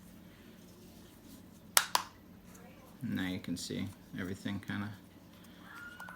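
An internal part of a Byrna HD less-lethal launcher is pushed back into its seat in the frame while a 12 gram adapter is being fitted. It snaps into place with a sharp click at 1.8 s, followed by a second, fainter click just after. Then someone talks.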